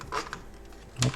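A plastic housing clip of the instrument cluster for a VW Caddy, Eos, Golf 5, Tiguan or Touran is pressed together during a loudspeaker and warning buzzer repair. Soft handling noises and a small tap lead to one sharp plastic snap at 1.0 s. The part latches deep in.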